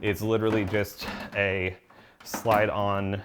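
Someone talks while the plastic/metal side access door of a Compaq Presario 7000 desktop PC case is handled and slid on. The clip is mostly speech with no distinct mechanical sounds. The door has not clicked home or seated yet by the end.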